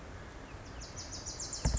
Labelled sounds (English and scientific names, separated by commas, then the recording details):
Wilson's Warbler (Cardellina pusilla)
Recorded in Sonoma County, California